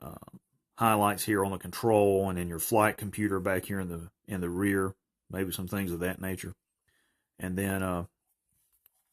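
A man talks while handling the plastic cockpit canopy on the hull of a toy starfighter, with pauses between phrases. The canopy has not yet closed, and nothing has seated or clicked into place by the end of the clip.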